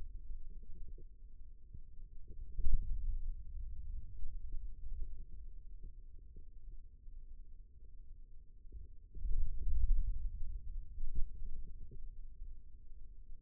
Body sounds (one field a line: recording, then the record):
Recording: forearm muscle sounds (acoustic myography)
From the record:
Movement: pen grasping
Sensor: system 2, bracelet of six BSWA MPA416 microphones around the upper forearm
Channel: 3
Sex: male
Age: 22 years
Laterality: right